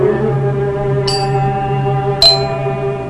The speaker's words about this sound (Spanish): Comida por la curiosidad, la señora Hipotenusa subió hasta el piso de los dos hermanos Cateto. Para ver qué había sucedido, llamó al timbre.